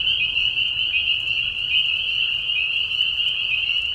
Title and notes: Peeper frogs in the spring. Peeper frogs in a marsh at night. This is a mating call that happens during a very short season in the Spring. Recorded at the Tiny Marsh Conservation area in Tiny, Ontario. Recorded by Anton Pickard. Part of the Music for Sleep project